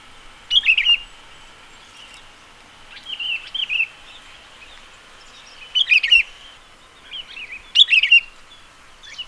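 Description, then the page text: Sooty-headed bulbul calls: several short, bright, chirpy phrases at uneven intervals, over a faint steady background hiss. "Sooty-Headed Bulbul Calls Sound Effect. Quick Sounds"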